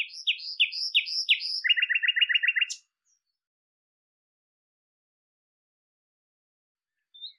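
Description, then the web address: Bird chirping: several sharp downslurred notes, then a quick even trill of doubled notes, then silence and one faint short chirp at the end. "cianscape birddata Deverinetal 2025"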